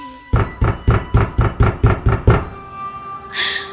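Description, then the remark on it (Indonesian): Heavy pounding on a bedroom door in a house, about nine loud, evenly spaced knocks in a steady rhythm, followed by a brief quiet tail with a faint hiss at the end. No one speaks. “Tapi ketukan suara pintu di gedor itu tidak berhenti.”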